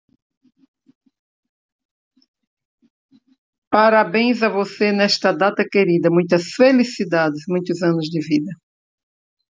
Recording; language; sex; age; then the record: short text; Brazilian Portuguese; female; 60 to 69 years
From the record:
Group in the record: control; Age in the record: 63 years